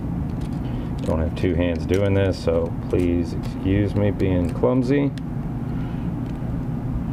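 Someone talks while handling a plastic cover onto a car key fob for a Camaro SS, pushing it together by hand, with steady background noise throughout. Nothing has seated or clicked yet.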